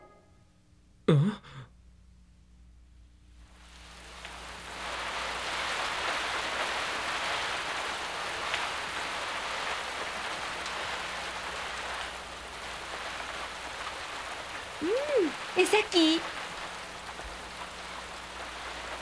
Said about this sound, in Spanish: No deja de llover.